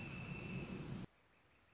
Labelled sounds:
Northern Flicker

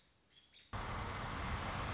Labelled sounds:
American Robin

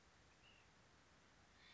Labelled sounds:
Ash-throated Flycatcher

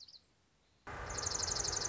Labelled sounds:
Dark-eyed Junco

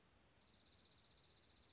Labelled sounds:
Dark-eyed Junco

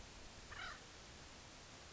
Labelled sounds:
Acorn Woodpecker

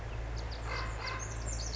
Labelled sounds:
Pacific Wren

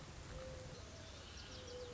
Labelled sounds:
Mourning Dove

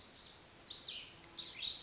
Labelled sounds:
Cassin's Vireo

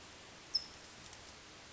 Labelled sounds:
California Towhee

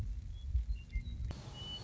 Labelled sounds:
Western Meadowlark

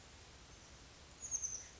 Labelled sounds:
Oak Titmouse

